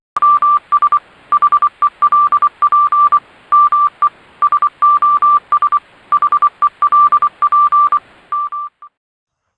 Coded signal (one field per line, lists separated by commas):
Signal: Morse code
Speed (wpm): 24 wpm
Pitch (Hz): 1180 Hz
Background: none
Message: MS HELP ME SOS HELP M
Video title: How to Get Your Ham Radio License (and Why You Should)